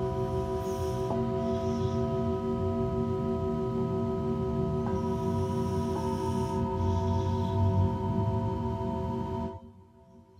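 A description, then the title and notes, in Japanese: Singing bowls ring in a sustained, shimmering drone of several steady overlapping tones, with a warm, rumbling low hum beneath. Soft strikes near one, five and six seconds refresh the ringing. Just before ten seconds the sound drops away, leaving a quieter low tail. シンギングボウルのサウンドヒーリング。チベタンシンギングボウル。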